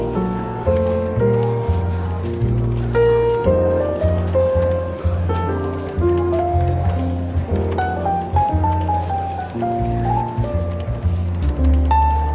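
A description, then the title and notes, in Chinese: Soft, relaxed jazz plays in a bookshop café, with a walking bass line and mellow keyboard or guitar notes shifting every second or so. The level stays steady throughout, with a light murmur of chatter underneath the music. 伦敦书店咖啡馆轻微喧闹氛围与柔和轻松的爵士背景音乐。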